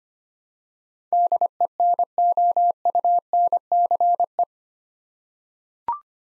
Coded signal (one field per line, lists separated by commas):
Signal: Morse code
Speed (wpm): 25 wpm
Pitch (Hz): 700 Hz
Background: none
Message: DENOUNCE